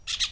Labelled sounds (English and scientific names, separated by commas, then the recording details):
Brown-throated Parakeet (Eupsittula pertinax) contact call
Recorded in Venezuela
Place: PN Cerro Saroche, Tierras del Sr. Polo, Edo. Lara
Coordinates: 10.171, -69.518